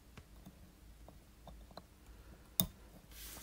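A small steel setting lever in the keyless works of a Seiko 7S36 mechanical watch movement is pushed back into position with a tool, using a crude method that still works. Faint ticks and light scraping lead up to one sharp, bright click at 2.6 s as the lever seats, followed by a soft hiss.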